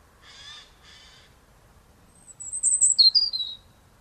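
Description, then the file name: European robin song phrase, a thin high whistle sliding down into quick jumbled notes, after two short harsh bursts at the start. "Erithacus rubecula"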